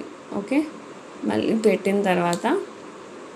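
A lock piece is being refitted onto a black-bead necklace clasp, and it is handled but not yet pushed home, so nothing has seated or clicked yet. Someone talks over faint rustling and low background hum.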